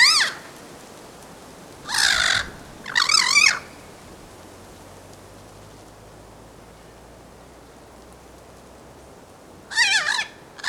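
Bird calls, a few harsh, wavering squawks in short clusters at the start and near the end, separated by a long quiet stretch with faint background noise.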